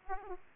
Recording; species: mosquito wingbeat signal from an infrared sensor; Aedes aegypti